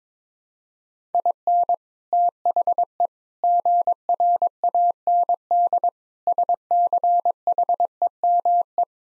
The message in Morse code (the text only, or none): IN THE GRAND SCHEME